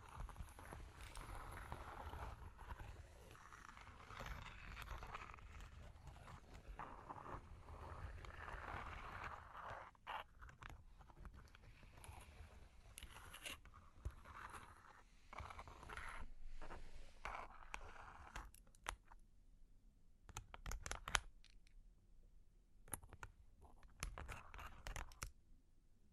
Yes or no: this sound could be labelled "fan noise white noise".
no